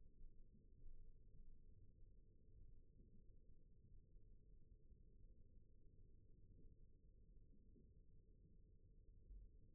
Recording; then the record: forearm muscle sounds (acoustic myography)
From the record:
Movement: rest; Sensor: system 1, eight BSWA MPA416 microphones around the upper forearm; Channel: 1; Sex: female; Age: 21 years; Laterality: right